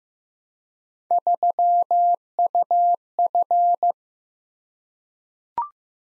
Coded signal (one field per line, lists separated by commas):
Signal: Morse code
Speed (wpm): 15 wpm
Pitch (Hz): 700 Hz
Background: none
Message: 3UF